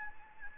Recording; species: mosquito wingbeat signal from an infrared sensor; Anopheles gambiae